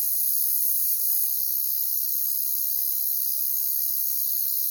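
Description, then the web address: Crickets chirping in a dense, steady high-pitched chorus, a continuous shimmering trill without pauses. Jungle setting. "Pre-Uni Library Natures Songs Nature Sounds The Natural Sounds of the Wilderness 10 CDs collection Echoes of Nature - Jungle Talk Crickets"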